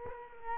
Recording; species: mosquito wingbeat signal from an infrared sensor; Culex quinquefasciatus